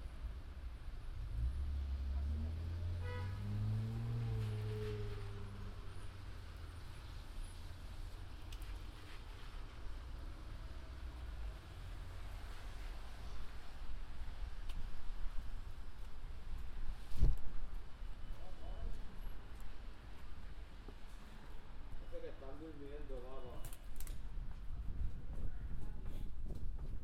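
A binaural field recording on the move through the city, with a steady low rumble of traffic underneath throughout. A vehicle engine swells and falls in the first five seconds, a sharp click lands near seventeen seconds, and voices chatter briefly toward the end.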